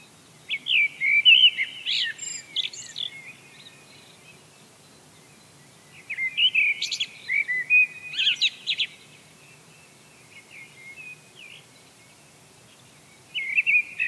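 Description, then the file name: Eurasian blackbird delivering rich whistled phrases with squeaky high flourishes, in three song bursts with quiet pauses between. "Turdus merula"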